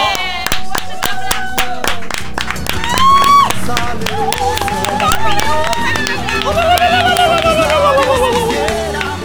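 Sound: applause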